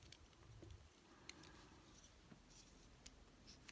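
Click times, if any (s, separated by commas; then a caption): none. A second plastic hip tab on a Transformers One Studio Series Deluxe Class Starscream action figure is pushed toward its slot in the back of the figure's other leg. Only small, quiet clicks are heard, around 0.1, 1.3, 1.4, 3.1 and 3.7 seconds, with no snap. Nothing has seated or clicked into place yet, possibly because the tab isn't lined up properly.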